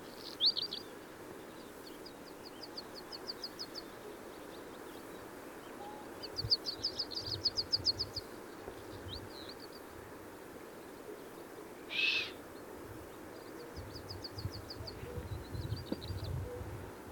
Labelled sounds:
Chamois (Rupicapra rupicapra) call

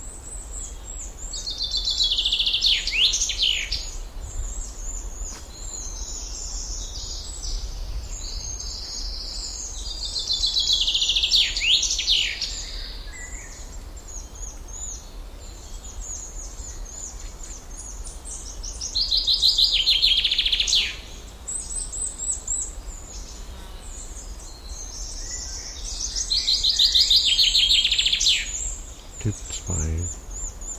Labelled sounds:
Common Chaffinch (Fringilla coelebs) song

